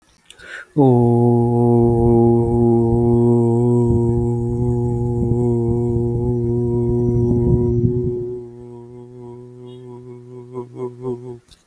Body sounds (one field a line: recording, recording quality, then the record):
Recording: sustained vowel as in boot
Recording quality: excellent, no background noise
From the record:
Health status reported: healthy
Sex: male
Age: 25 years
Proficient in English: yes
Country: India